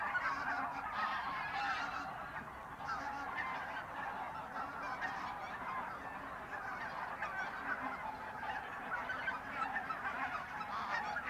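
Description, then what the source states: Goose: geese honking continuously as a flock, overlapping calls forming a dense, even chorus with occasional louder bursts throughout. Geese in the re-naturalised area of Polder Glies, Sellstedt, Germany, 9 November 2020; binaural ORTF pair of t.bone SC 140 microphones with Rycote windjammer, TASCAM DR100 MK3 recorder.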